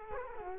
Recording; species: mosquito wingbeat signal from an infrared sensor; Culex quinquefasciatus